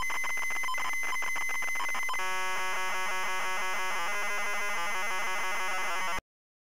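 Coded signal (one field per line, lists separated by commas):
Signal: ZX Spectrum tape loading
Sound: harsh buzzing square-wave tones with rich harmonics, rapidly alternating rasping patterns, then abrupt stop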